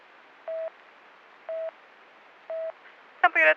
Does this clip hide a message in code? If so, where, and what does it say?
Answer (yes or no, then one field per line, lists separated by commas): no